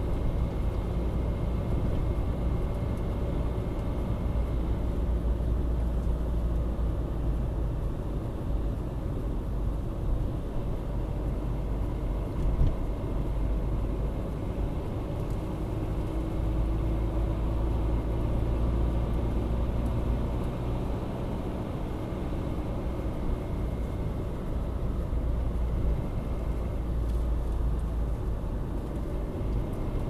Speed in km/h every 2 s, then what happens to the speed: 60, 61, 61, 55, 51, 51, 52, 56, 59, 60, 63, 64, 61, 58, 55.
4-7 slows to 51. 11-22 speeds up to 64. 22-30 slows to 55.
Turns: none.